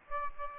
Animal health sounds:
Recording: mosquito wingbeat signal from an infrared sensor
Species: Aedes aegypti

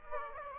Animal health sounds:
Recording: mosquito wingbeat signal from an infrared sensor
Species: Aedes aegypti

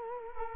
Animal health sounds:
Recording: mosquito wingbeat signal from an infrared sensor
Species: Culex quinquefasciatus

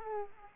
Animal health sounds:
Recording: mosquito wingbeat signal from an infrared sensor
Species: Culex pipiens

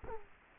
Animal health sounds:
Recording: mosquito wingbeat signal from an infrared sensor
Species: Culex quinquefasciatus

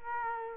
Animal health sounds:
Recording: mosquito wingbeat signal from an infrared sensor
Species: Culex quinquefasciatus

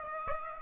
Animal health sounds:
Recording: mosquito wingbeat signal from an infrared sensor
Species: Aedes aegypti

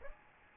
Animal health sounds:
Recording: mosquito wingbeat signal from an infrared sensor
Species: Aedes albopictus

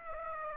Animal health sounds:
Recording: mosquito wingbeat signal from an infrared sensor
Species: Aedes aegypti

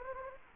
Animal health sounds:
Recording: mosquito wingbeat signal from an infrared sensor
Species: Anopheles gambiae

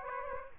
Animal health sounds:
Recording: mosquito wingbeat signal from an infrared sensor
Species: Aedes aegypti

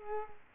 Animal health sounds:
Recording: mosquito wingbeat signal from an infrared sensor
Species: Culex quinquefasciatus

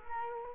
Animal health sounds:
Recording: mosquito wingbeat signal from an infrared sensor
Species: Culex quinquefasciatus

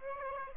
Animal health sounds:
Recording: mosquito wingbeat signal from an infrared sensor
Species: Aedes aegypti

